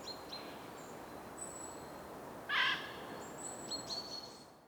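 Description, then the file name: Eurasian jay giving a single harsh, rasping screech midway through, with thin high whistles from other small birds before and after. "Garrulus glandarius"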